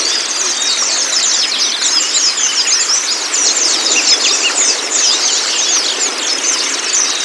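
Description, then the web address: White-eye chorus, bright, quick chirps and warbled twitters crowding over each other without pause. Therapy recording meant to get the white-eye to open its beak and sing; used as a masteran (song-tutor) track. "audio pleci-terapi-buka-paruh. masteran pleci"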